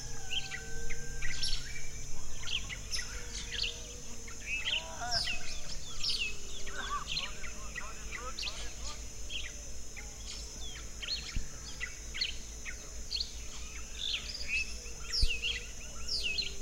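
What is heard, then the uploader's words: An orchard at sunrise in April, filled with many overlapping bird calls and chirps throughout, some quick and sharp, others warbling. A steady high hiss, likely insects or birds, runs across the top, over a constant low rumble underneath. April Sunrise in the Orchard.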